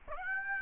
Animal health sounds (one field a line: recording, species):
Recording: mosquito wingbeat signal from an infrared sensor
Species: Aedes aegypti